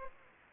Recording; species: mosquito wingbeat signal from an infrared sensor; Aedes aegypti